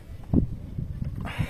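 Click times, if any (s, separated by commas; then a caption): none. The hydraulic fluid line coupling is being pushed and forced into the clutch master cylinder during a clutch master cylinder replacement on a Renault 1.5 dCi (Clio 4, Mégane 4, Clio 3). Low, dull handling knocks come at about 0.3 s and 0.4 s, with a fainter one near 1.2 s. The coupling has not seated or clicked yet.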